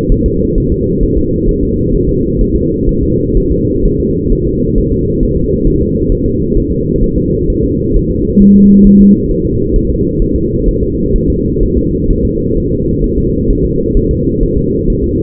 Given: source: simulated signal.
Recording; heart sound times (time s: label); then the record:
fetal heart sounds
0.12 s: S1
0.26 s: S2
0.58 s: S1
0.72 s: S2
1.03 s: S1
1.17 s: S2
1.49 s: S1
1.63 s: S2
1.95 s: S1
2.09 s: S2
2.41 s: S1
2.56 s: S2
2.89 s: S1
3.03 s: S2
3.37 s: S1
3.52 s: S2
3.85 s: S1
4.00 s: S2
4.33 s: S1
4.47 s: S2
4.78 s: S1
4.92 s: S2
5.23 s: S1
5.37 s: S2
5.67 s: S1
5.81 s: S2
6.12 s: S1
6.26 s: S2
6.57 s: S1
6.72 s: S2
7.04 s: S1
7.18 s: S2
7.50 s: S1
7.64 s: S2
7.97 s: S1
8.11 s: S2
8.42 s: S1
8.56 s: S2
8.87 s: S1
9.01 s: S2
9.31 s: S1
9.45 s: S2
9.76 s: S1
9.90 s: S2
10.22 s: S1
10.36 s: S2
10.69 s: S1
10.83 s: S2
11.16 s: S1
11.30 s: S2
11.63 s: S1
11.77 s: S2
12.11 s: S1
12.25 s: S2
12.58 s: S1
12.72 s: S2
13.04 s: S1
13.18 s: S2
13.50 s: S1
13.64 s: S2
13.97 s: S1
14.11 s: S2
14.43 s: S1
14.58 s: S2
14.90 s: S1
15.04 s: S2
From the record:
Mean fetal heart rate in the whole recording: 130 bpm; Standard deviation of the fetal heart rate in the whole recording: 4 bpm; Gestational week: 38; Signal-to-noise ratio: -14.7 dB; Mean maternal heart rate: 72 bpm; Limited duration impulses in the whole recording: present